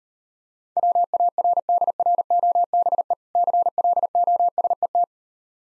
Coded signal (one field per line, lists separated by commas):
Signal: Morse code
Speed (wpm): 38 wpm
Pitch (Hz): 700 Hz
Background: none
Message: WARDROBE CLOSET